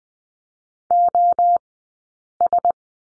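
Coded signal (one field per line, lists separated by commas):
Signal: Morse code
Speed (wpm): 20 wpm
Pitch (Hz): 700 Hz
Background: none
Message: O S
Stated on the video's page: Morse code course lesson on the letter S, sent at Farnsworth speed 20/10 wpm.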